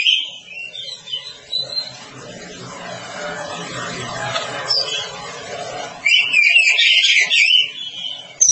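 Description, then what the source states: Oriental magpie-robin song, high varied whistled phrases in bursts, loudest and richest near the end, with a low steady hum in the background midway. Long-duration song style (durasi panjang).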